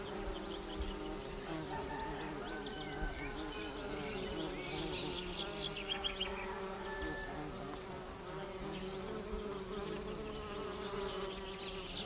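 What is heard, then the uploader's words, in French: Bees hum in a dense, steady drone of many overlapping buzzes, low and layered, holding an even level throughout. Brief brighter chirps and short high notes flicker above the hum every second or so, with a slightly busier stretch around six seconds. Adouz-abeilles.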